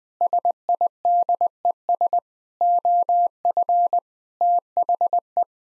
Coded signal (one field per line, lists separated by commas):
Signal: Morse code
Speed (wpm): 20 wpm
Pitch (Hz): 700 Hz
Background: none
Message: SIDES OF THE